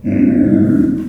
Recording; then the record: squeal of a Yucatan mini pig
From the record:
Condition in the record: after surgery on the right vocal fold (resection and tissue-engineered implant); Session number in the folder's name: 4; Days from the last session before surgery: 26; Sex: female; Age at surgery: 19 weeks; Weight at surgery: 25 kg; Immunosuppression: prednisolone